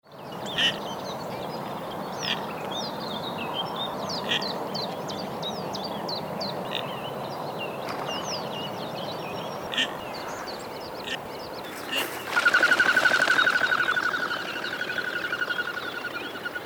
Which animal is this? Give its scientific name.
Bucephala clangula